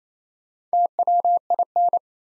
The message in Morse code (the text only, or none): TWIN